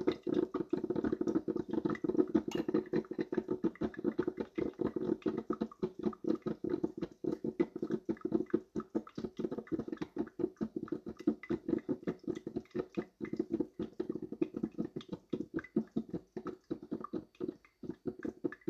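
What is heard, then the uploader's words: Coffee brewing, heard as a constant run of quick gurgling, sputtering bursts that keep up for the whole stretch without pause. The bubbling sits mostly in a low, throaty range with a thin hiss above, and one sharper tick lands near the start. Coffee brewing.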